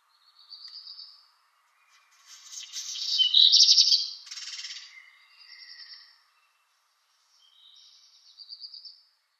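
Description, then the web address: Black redstart song: high scratchy phrases with a louder crackling, grating middle section, softer thin notes before and after, over a faint low hum. "Schulze Peter Black Redstart song"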